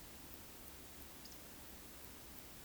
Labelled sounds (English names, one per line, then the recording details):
Eurasian Woodcock whistle
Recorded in Baden-Württemberg, Germany, on 13 June 2021 at 20:02 UTC
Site 23718, 552 m above sea level